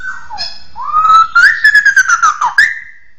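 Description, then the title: Bird giving a long rising and falling whistle broken by rapid pulsing notes, ending in a steady tone. "SuaraBurung Kicau1"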